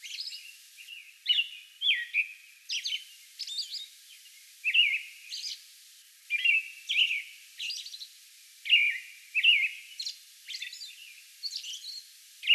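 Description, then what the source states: American robin caroling, a series of rich, slurred phrases with occasional thin high notes. Song bout recorded on May 11.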